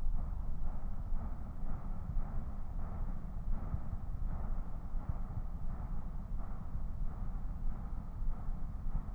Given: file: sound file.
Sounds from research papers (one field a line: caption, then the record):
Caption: Audio file of pre-treatment ear canal signal from the no.4 VPT patient.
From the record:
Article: Pre-Treatment Objective Diagnosis and Post-Treatment Outcome Evaluation in Patients with Vascular Pulsatile Tinnitus Using Transcanal Recording and Spectro-Temporal Analysis